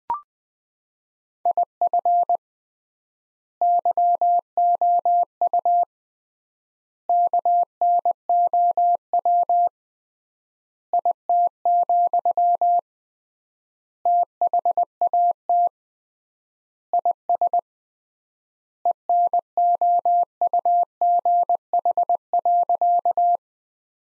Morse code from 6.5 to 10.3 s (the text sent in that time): KNOW